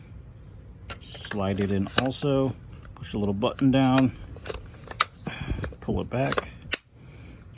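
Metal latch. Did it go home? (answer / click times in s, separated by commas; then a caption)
yes / 6.7 s. The upper receiver half of a PS90 carbine is slid into the lower frame, a small button is pushed down, and the part is pulled back and let go while someone talks, with small clicks and handling noises in between. A single sharp click at 6.7 s marks the upper receiver seating into place.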